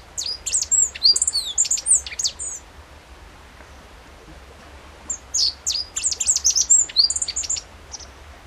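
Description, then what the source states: Godlewski's bunting sings a rapid phrase of high, sharp, slurred chirps, pauses about two seconds, then repeats a similar phrase. Recorded on 14 June 2012.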